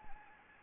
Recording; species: mosquito wingbeat signal from an infrared sensor; Anopheles arabiensis